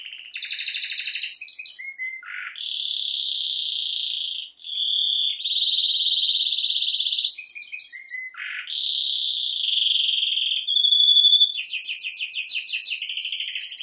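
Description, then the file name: Canary song: continuous varied trills, long rolling phrases alternating with sharp low dips, a steady whistle, and fast clipped trills at the end. "Canary Voice"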